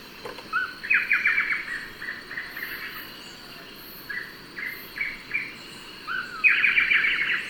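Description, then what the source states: Blackish Antbird song: several bursts of quick, stuttered notes, with a longer dense run near the end. A steady high insect hum runs throughout. Recorded in Ecuador.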